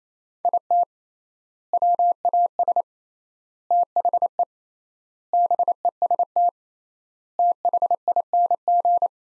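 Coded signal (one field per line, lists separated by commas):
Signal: Morse code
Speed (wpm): 28 wpm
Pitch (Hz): 700 Hz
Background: none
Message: IT WAS THE BEST THING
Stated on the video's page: Morse practice sentences from the top 400 words at 28 wpm with 3x standard word spacing, a Farnsworth-like method applied to words for head-copy training.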